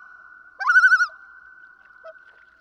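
Common loon producing a single quavering tremolo, a rising swoop followed by half a second of rapid, laughing wavers, then a lingering steady tone.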